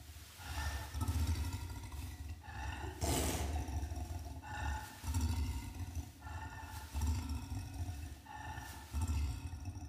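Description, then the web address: Orangutan giving deep, low breathy sighs with a rough tone, repeated about every two seconds, with a short burst of hissing noise near three seconds. Disappointed sigh of a captive orangutan in its enclosure. "som de suspiro decepcionado de orangotango no cercado"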